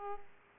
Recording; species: mosquito wingbeat signal from an infrared sensor; Aedes aegypti